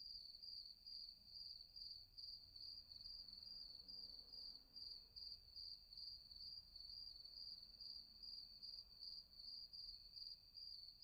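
Crickets chirp in a continuous high-pitched pulse, around two to three beats each second, over a soft low background hum.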